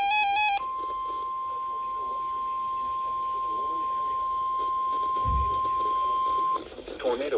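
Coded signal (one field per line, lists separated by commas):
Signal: Emergency Alert System (SAME) tones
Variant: 1050 Hz attention tone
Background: speech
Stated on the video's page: Real EAS weather alerts, including watches and warnings, received on weather radios from three NOAA Weather Radio stations.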